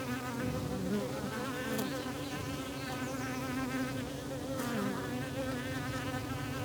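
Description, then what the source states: Buzzing bees keep up a wavering hum with wind rushing steadily behind, and two short sharp rustles. Bees in the countryside, with wind.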